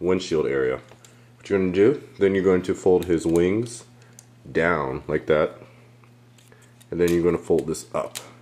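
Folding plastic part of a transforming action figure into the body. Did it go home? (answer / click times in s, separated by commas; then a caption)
no / none. Someone talks while folding a plastic part of a transforming action figure up into its body, with soft handling noises during a pause around 6.0 to 6.5 seconds. The part has not snapped into place yet; nothing has seated or clicked.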